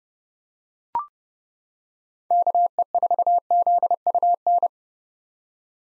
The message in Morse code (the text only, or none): KE4ZUN